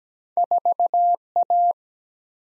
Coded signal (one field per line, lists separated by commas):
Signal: Morse code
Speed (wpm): 17 wpm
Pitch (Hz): 700 Hz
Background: none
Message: 4 A